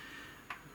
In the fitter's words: it just clicks into place.